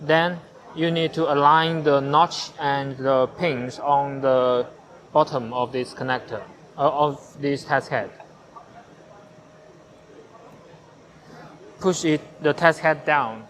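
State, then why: Not seated. Someone talks while the notch and the pins on the bottom of a test head are lined up on the mount of an RF4308E air permeability tester before it is pushed down into place. Quiet handling noise fills the pause between the talking. The test head is only handled, and nothing has seated or clicked yet.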